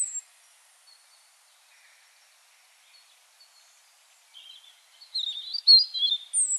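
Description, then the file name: European robin giving a brief high trilling song phrase near the end after a long quiet stretch with faint high notes. "Erithacus rubecula"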